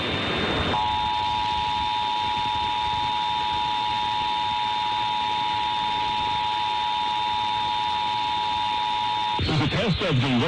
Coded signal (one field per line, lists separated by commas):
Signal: Emergency Alert System (SAME) tones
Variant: 853 and 960 Hz attention tone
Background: speech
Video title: Eastern Panhandle Talk: WV Delegate Bryan Smith (7/9/25)